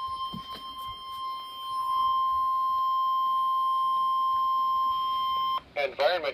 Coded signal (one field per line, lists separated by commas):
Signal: Emergency Alert System (SAME) tones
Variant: 1050 Hz attention tone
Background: speech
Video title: RARE!! Double Header!! Severe Thunderstorm Warning!!! (EAS 2-3)